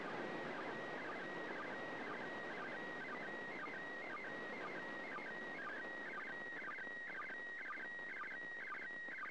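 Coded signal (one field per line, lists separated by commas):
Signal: SSTV (slow-scan television)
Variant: PD 120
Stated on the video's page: SSTV images in PD 120 format from the International Space Station on 145.800 MHz, an ARISS event in memory of a cosmonaut.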